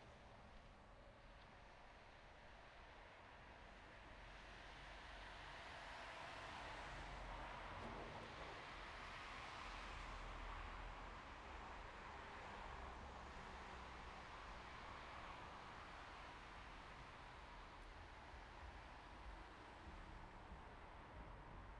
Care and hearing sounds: everyday scene through a hearing-aid microphone; in traffic; traffic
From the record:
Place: bus stop on a city main road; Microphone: behind the ear, right, rear

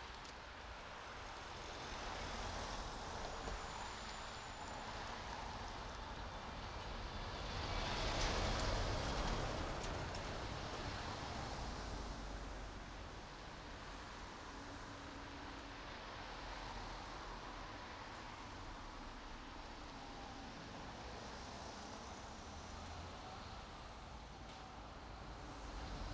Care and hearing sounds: everyday scene through a hearing-aid microphone; in traffic; traffic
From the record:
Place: main road on the outskirts, rush hour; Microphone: in the ear canal, right

